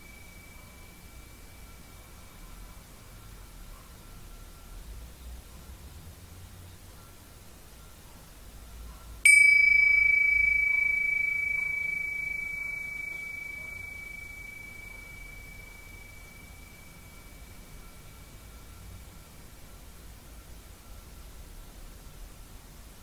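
A Tibetan singing bowl is struck once at about nine seconds, giving a sharp bright strike followed by a pure, steady ringing tone that fades slowly over the rest of the clip. A faint earlier ring lingers beforehand, over a low, soft background rumble.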